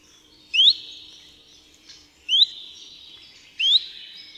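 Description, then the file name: Common chiffchaff giving short, sharply rising whistled notes, three in this stretch, spaced roughly every one and a half seconds, each trailing into a faint echoing tail. "Pierwiosnek"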